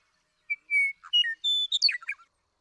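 Western meadowlark song: clear whistled opening notes followed by a tumbling, gurgling flourish of varied flutelike notes, the whole phrase lasting under two seconds.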